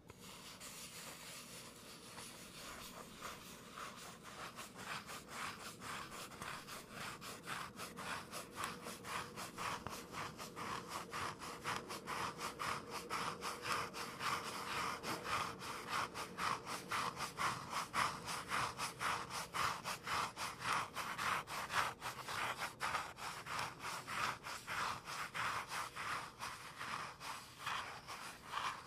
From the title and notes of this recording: ASMR medium gentle tapping and scratching.